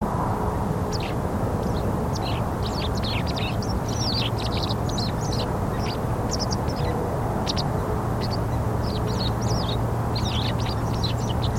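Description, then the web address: White wagtail calls: dense bursts of quick, high, clipped chirps tumbling one after another, set against a steady low hum. "Deverinetal 2025 File origin Bird Only"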